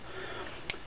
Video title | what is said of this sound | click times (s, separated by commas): Victorinox Knife Review - Victorinox Rescue Tool. | has not got any locking mechanism on it whatsoever but it's got a nice solid click at the end | 0.7 s